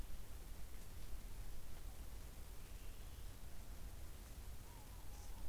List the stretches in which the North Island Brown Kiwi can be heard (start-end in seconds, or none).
none